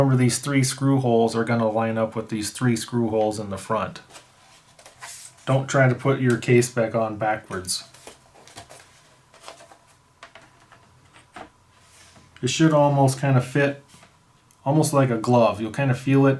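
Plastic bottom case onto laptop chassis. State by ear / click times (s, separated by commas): not seated / none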